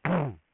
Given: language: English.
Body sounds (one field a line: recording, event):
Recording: throat vibration sensor signal played as sound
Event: throat clearing